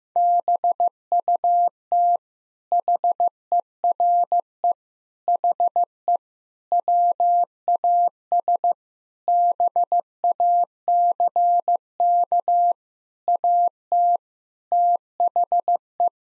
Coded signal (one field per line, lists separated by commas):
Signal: Morse code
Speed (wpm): 15 wpm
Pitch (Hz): 700 Hz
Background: none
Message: BUT HERE HE WAS BACK AT THE